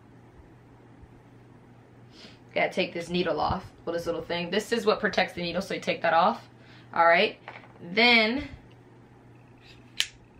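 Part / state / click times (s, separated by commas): needle guard/clamp part on a wine preservation device / seated / 10.0 s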